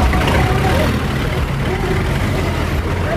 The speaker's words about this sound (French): Ici, nous sommes au parking des bus de transport en commun en mairie de Bujumbura